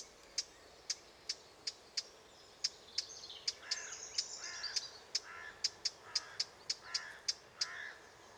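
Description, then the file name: Eurasian blackcap's sharp tacking calls repeating steadily, while other small birds twitter and warble in the middle. "Sylvia atricapilla"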